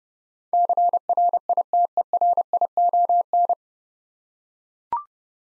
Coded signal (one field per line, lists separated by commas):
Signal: Morse code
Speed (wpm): 30 wpm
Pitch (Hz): 700 Hz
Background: none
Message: CRITERION